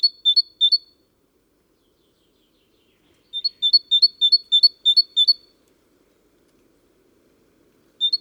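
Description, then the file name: Great tit singing bright, high alternating two-note phrases, a short burst, then a longer run of about seven repeats, and a final note, otherwise quiet. "Parus major"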